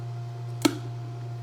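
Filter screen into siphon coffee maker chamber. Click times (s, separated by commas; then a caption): 0.6 s. A filter screen is pushed into the chamber of a KitchenAid siphon coffee maker until it clicks and locks in place. A single short, sharp click comes at 0.6 seconds over a steady low hum. The screen is seated and locked.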